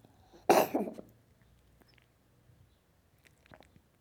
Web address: The BBC Sound Effects Library (Cats) Cat Coughing